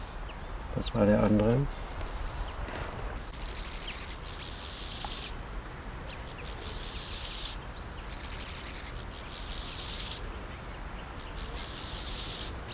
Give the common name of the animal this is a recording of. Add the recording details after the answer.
Steppe Grasshopper. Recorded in the wild. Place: Eutin, Holsteinische Schweiz, Schleswig-Holstein, DE. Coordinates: 54.132, 10.614. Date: 1992-09-24 11:06. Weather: sonnig, Sonne: 20°C, Schatten: 16°C. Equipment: Marantz CP 430, Sennheiser ME 80, Kopie Tesla B 116. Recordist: Tembrock, Günter